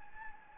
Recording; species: mosquito wingbeat signal from an infrared sensor; Anopheles gambiae